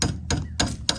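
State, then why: Not seated. Four evenly spaced sharp metallic taps, at about 0.0, 0.3, 0.6 and 0.9 seconds, are made on the pan of a steel foothold trap while it is being set. The pan latch has not clicked into its set position yet.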